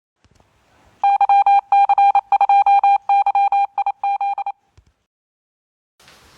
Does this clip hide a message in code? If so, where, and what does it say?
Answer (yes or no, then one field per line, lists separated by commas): yes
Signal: Morse code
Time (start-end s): 1.0-4.5 s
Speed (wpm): 27 wpm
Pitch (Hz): 800 Hz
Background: none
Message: YC2YIZ